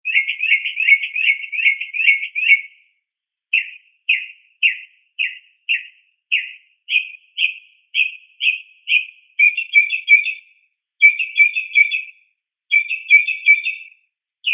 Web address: SFXSource. Mocking Bird Multi